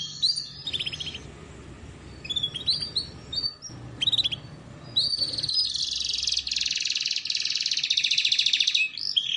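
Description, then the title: Canary song emerges from a hissing background: scattered chirps early, then a long bright, dense trill runs through the last four seconds. Belgian canary song played to warm up, lure and train canaries, a master song for young canaries learning to sing. "Canto Para Esquentar Canário Belga. Terapi Pancingan Suara Kenari Gacor || Masteran Kenari Paud Belajar Bunyi"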